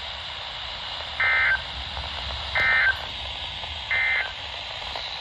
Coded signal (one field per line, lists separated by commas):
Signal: Emergency Alert System (SAME) tones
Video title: Mild Chaos. Alerts from 7/8/23 - 7/9/23 (EAS #727 - 736)